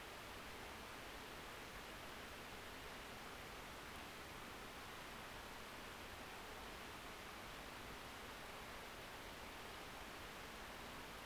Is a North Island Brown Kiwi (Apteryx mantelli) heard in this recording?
no